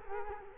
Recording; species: mosquito wingbeat signal from an infrared sensor; Culex quinquefasciatus